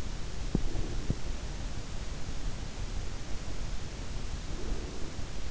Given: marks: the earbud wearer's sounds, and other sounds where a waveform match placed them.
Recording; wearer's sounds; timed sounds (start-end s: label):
sounds in sleep by an in-ear microphone; breath
0.17-1.50 s: breath
4.09-5.51 s: breath